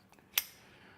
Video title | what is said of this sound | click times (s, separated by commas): Custom Kitchen Galley Drawer Face Assembly VBHQ Live! | um it locks into place and it has this collar you can pull down and actually | 0.4 s